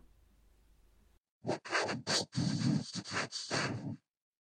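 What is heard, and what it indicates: About six short speech-like bursts with a hissy, buzzing quality and no clear voice pitch; the words cannot be made out. This simulates the most severe stage of hearing through a cochlear implant, in a sequence going from severe to clear. The implant works at various frequencies, turning sound into electrical signals sent to the hearing nerve.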